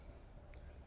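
A wooden rafter is slid down into position until its seat cut clicks down onto the wall top plate at the far end, seating with a nice tight fit. Over a steady low rumble, a single faint, short click sounds at 0.5 s as the seat cut lands on the wall.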